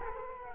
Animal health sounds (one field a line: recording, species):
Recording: mosquito wingbeat signal from an infrared sensor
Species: Culex quinquefasciatus